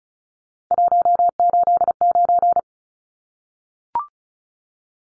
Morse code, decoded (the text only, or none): 189